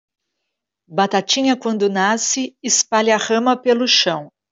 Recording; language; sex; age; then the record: short text; Brazilian Portuguese; female; 40 to 49 years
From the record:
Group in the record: control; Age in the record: 49 years